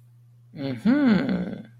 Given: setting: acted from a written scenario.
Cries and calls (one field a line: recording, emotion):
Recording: vocal sound without words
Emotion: interest